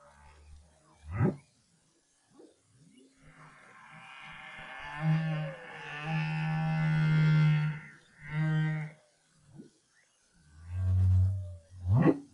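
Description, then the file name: Humpback whale song: deep droning moans, harmonic cries and sharp rising whoops, alternating in a slow phrase. Recorded in 2011. "BRAHSS Whale Song"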